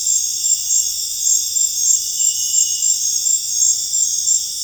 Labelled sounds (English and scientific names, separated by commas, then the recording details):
none
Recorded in dense forest near Puerto Asís, Putumayo, Colombia, on 26 December 2024 at 22:00
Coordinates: 0.484, -76.325
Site G056